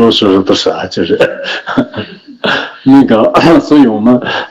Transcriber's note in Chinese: 上师笑